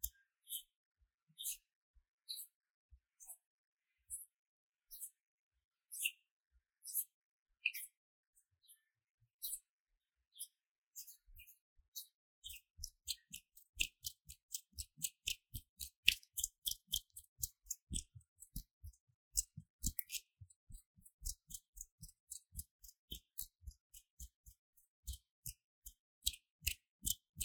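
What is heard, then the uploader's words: Hand sounds: sharp, dry taps and clicks made by hands. For the first ten seconds they come sparsely, about one per second, then from around eleven seconds they quicken into a dense, rhythmic patter with a soft thump beneath each bright snap. 手的聲音 | Hand Sounds | No Talking. The various sounds of this hand.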